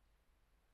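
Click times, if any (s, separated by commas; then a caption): none. A crimped metal terminal on the white wire is being handled and pushed toward its slot in a plastic RC quick-connector housing, heard only as a low, steady hiss with no distinct events. Nothing has seated or clicked yet.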